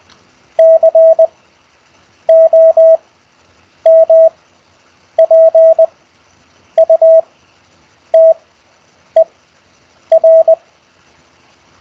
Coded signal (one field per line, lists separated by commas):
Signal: Morse code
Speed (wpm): 20 wpm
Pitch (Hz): 650 Hz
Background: none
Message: COMPUTER